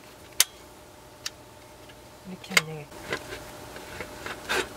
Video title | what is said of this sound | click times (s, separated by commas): 최적화된 차박세팅 차박을 오래하면 고수는 아니여도 중수이상은 된다 | 흠 밑에를 딱 소리 나죠 이렇게 | 0.4 s